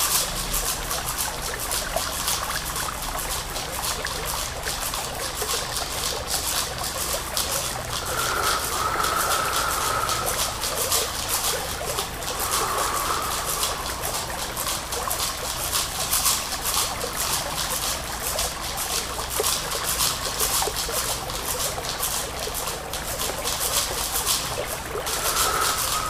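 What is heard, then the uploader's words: Water trickles in a steady, dense, bright hiss with a crackly texture, and faint brief tones surface around eight, thirteen and twenty-five seconds. Windsong Sound Bath 10305. Strings. Water.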